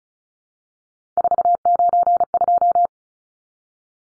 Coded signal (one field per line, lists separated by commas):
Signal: Morse code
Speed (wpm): 34 wpm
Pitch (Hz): 700 Hz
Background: none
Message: 492